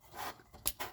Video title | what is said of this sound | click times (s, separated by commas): Changing the O2 Sensors on My Sister's 1997 Dodge Dakoda | There we go. That's a nice click. | 0.7 s